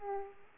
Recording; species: mosquito wingbeat signal from an infrared sensor; Aedes aegypti